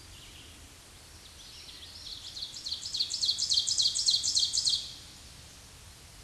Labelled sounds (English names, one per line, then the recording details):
Ovenbird song
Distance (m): 5 m
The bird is about level with the microphone
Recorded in a Pennsylvania forest on 16 May 2024 at 07:05
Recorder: AudioMoth, point MSD-2376
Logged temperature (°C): 16.7 °C
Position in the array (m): 147 m, 6 m